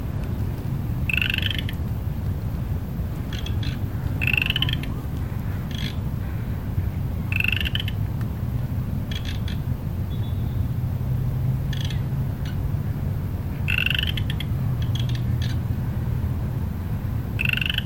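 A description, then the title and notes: Frogs call in repeated bursts of bright, rasping croaks, roughly every three seconds, each lasting about half a second with fainter chatter between them. Underneath runs a constant low rumble like steady traffic, and a thin high hiss continues throughout. A minute of frogs, recorded in Magnuson Park, Seattle.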